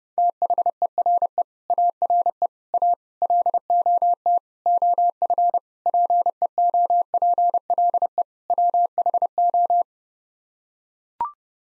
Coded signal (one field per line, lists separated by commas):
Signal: Morse code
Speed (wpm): 32 wpm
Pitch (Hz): 700 Hz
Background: none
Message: THERE ARE A LOT OF PEOPLE WHO